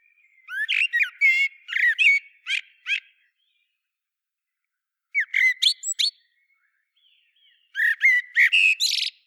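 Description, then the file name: Common blackbird song in three spaced bursts, each a quick jumble of fluty whistles and shrill squeaky flourishes. "Turdus merula"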